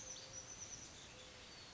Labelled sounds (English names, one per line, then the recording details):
Oak Titmouse
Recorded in Sonoma County, California